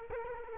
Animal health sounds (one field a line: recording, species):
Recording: mosquito wingbeat signal from an infrared sensor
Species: Culex quinquefasciatus